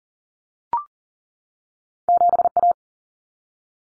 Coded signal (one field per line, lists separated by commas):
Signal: Morse code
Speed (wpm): 40 wpm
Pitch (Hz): 700 Hz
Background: none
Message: 7A